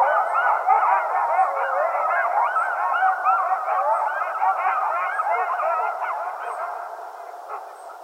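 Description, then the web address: Coyotes yipping and howling together in a dense, warbling chorus that gradually fades toward the end, with faint soft ticks in the background. Several coyotes, recorded 15 February 2012. "Coyote 2012 02 15 Coyotes"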